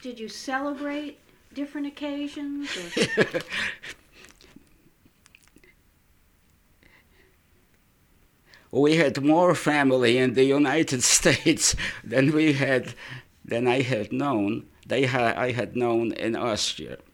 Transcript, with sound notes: Did you celebrate different occasions?
( he laughs ) We had more family in the United States than we had, than I had known, I had known in Austria.